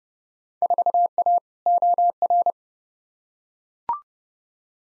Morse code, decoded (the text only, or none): 4A OR